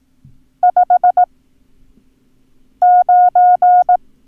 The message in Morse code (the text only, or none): 59